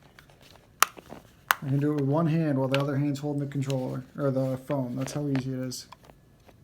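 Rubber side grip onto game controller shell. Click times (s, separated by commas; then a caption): 0.8 s, 1.5 s. A rubber side grip is pushed top to bottom onto an Xbox One Elite controller shell during reassembly, after the screws are back in. It snaps on with two sharp clicks at 0.8 s and 1.5 s, seating it in place. Someone then talks.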